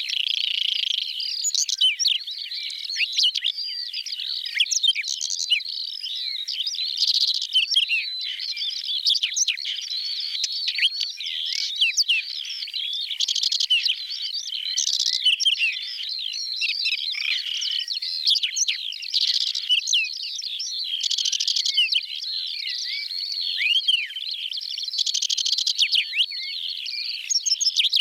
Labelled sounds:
Whinchat song

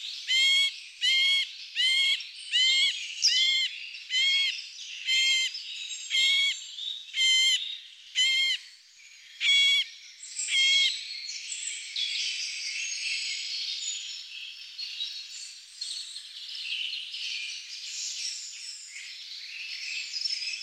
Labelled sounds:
Middle Spotted Woodpecker song

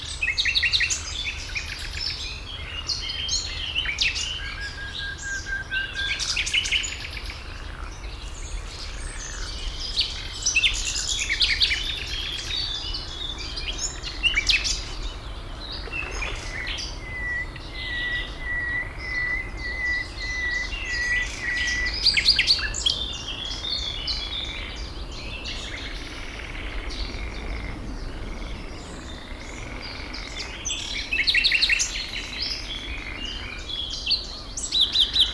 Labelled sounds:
Common Nightingale

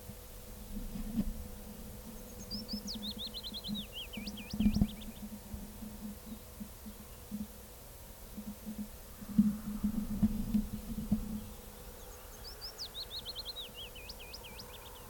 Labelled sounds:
Willow Warbler song

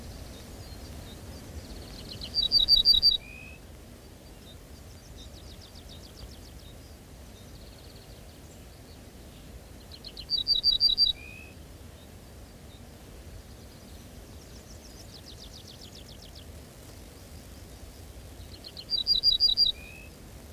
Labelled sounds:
Ortolan Bunting song

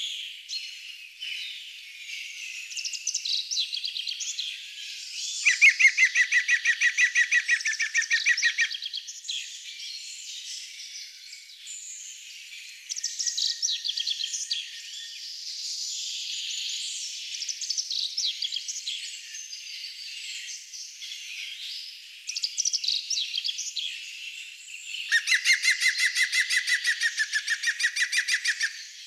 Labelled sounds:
European Green Woodpecker song

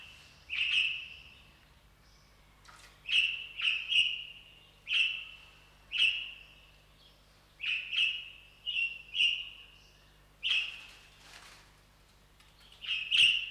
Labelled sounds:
Golden-breasted Starling

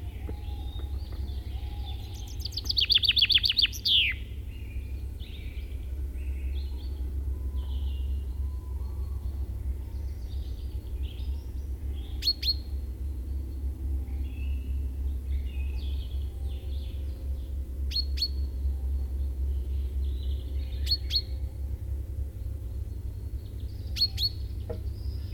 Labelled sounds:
Common Chaffinch

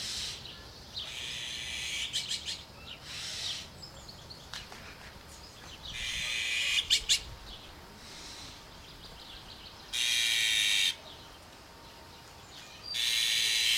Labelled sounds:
Azure-winged Magpie call

